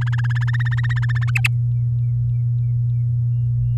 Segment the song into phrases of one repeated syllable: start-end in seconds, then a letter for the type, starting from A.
0.01-1.30 A, 1.35-1.48 B